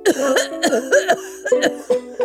Chronic cough.